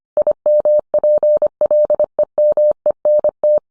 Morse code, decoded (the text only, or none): IMPLEMENT